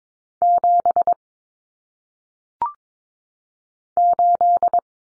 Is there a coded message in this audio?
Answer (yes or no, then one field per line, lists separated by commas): yes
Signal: Morse code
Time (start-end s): 0.4-4.8 s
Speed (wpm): 22 wpm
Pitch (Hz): 700 Hz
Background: none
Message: 7 8